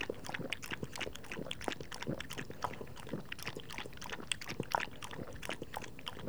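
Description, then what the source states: Dog drinking, with many quick, sharp, wet laps in a continuous run. Dog drinking water, recorded close up.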